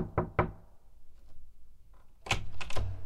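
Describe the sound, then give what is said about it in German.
Knocking on Klein's office door shortly after 12:30: two sharp raps, a pause, then a quicker cluster of three or four firm knocks, loud and percussive with no voices. “Kurz nach 12:30 klopfte es an Kleins Bürotür.”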